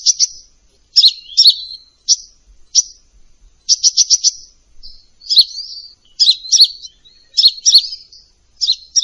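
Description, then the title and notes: Sunbird song of sharp, high chirps in quick pairs and short bursts, with bright twittering phrases spaced throughout. Used as a lure for training birds; described as gacor, with full isian and tembakan song elements. "MASTERAN KOLIBRI NINJA FULL ISIAN DAN TEMBAKAN COCOK BUAT PANCINGAN. Suara Burung Kolibri Ninja Gacor"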